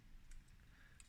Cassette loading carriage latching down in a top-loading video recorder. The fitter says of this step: that locks in place like that.